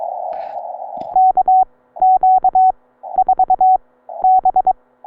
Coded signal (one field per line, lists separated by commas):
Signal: Morse code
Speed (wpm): 22 wpm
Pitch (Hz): 750 Hz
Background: none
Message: KQ4B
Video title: Pt 1: CW POTA Activation from Victoria Springs SRA in central Nebraska. Ham Radio & Morse Code fun!